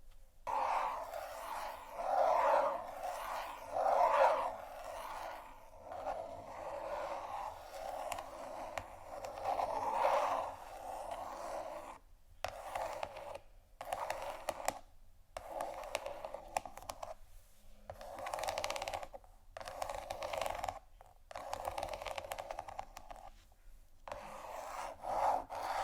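Scratching on canisters fills the clip with a dense, rasping texture, swelling and easing in uneven strokes, centered in the mid range. In the second half the scratching is cut by several abrupt short silences, roughly every two to three seconds.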